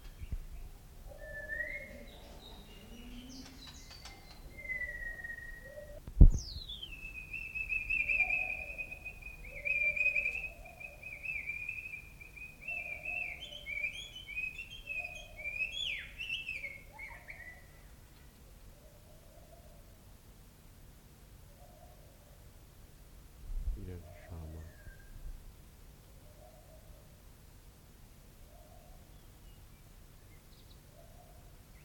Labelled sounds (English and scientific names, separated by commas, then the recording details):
White-rumped Shama (Copsychus malabaricus)
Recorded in captivity
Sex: male
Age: adult
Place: Zoo Berlin, Berlin, DE
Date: 1994-03-05 11:49
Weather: heiter, 4°C, Windböen
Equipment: Marantz CP 430, Sennheiser ME 80, Kopie Uher Variocord 263
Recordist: Tembrock, Günter
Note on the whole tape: Gesang und Schackern